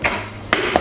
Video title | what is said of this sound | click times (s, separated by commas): สั่งครั้งที่2 Super Lock Shoe Box ตู้ใส่รองเท้าพับได้ ฝาใส ประกอบง่าย สวย แข็งแรง - พ่อบ้านรีวิว | ๆให้มันดังแก๊กแก๊ก | 0.5 s